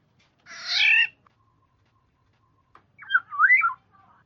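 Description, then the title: Black-naped oriole giving a harsh nasal squawk, then a short twisting whistled phrase of several liquid notes. "Kepodang"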